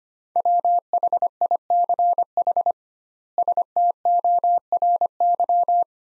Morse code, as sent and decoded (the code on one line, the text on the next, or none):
.-- .... .. -.-. .... / ... - --- .-. -.--
WHICH STORY